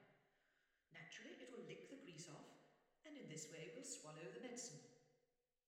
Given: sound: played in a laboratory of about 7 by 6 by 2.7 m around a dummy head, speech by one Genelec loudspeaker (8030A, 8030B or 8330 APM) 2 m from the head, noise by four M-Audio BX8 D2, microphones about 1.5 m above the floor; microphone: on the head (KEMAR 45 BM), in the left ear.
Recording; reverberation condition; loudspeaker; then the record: female speech in English; high; 60 degrees to the left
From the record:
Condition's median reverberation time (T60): about 1300 ms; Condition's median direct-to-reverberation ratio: about -4.0 dB